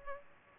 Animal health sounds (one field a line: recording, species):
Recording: mosquito wingbeat signal from an infrared sensor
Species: Culex pipiens